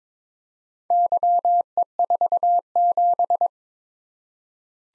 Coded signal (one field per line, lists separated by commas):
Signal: Morse code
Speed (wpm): 22 wpm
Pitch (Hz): 700 Hz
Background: none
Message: YE47